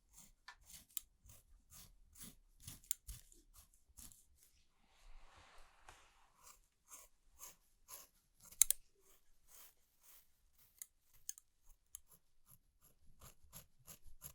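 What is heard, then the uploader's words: Scissors snip in quick, uneven bursts through most of the stretch, each cut a crisp, bright click. Around four to seven seconds a soft brushing or rubbing hiss takes over with fewer snips. ASMR Relaxing Barber Shop (No Talking) Haircut, Shaving, Shampoo & Massage, etc.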